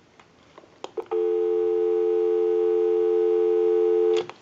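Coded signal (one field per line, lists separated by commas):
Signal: telephone call progress tone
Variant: North America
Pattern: dial tone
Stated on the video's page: Call progress tone on a Western Electric Trimline telephone during initial checkout and repair.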